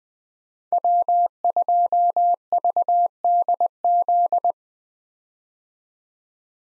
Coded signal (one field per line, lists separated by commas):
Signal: Morse code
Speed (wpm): 20 wpm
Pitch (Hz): 700 Hz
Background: none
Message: W2VDZ